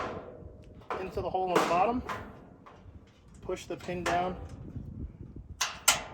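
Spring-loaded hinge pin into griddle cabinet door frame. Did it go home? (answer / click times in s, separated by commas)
yes / 5.6 s, 5.9 s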